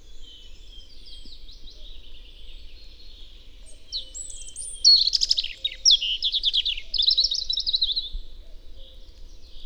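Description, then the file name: European robin singing a sweet, high, fast-varying phrase of trills and thin whistles, rising in intensity midway and lasting several seconds. "Erithacus rubecula"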